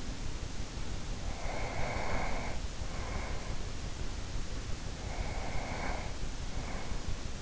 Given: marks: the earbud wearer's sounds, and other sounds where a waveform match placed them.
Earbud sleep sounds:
sounds in sleep by an in-ear microphone; breath
1.29-3.66 s: breath
4.89-7.42 s: breath

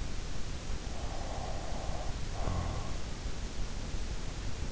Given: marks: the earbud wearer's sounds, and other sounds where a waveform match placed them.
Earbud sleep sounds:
sounds in sleep by an in-ear microphone; breath
0.85-3.17 s: breath

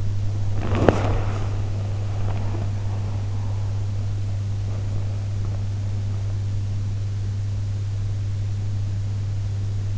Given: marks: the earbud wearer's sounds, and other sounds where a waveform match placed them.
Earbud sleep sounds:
sounds in sleep by an in-ear microphone; body movement
0.00-4.24 s: body movement

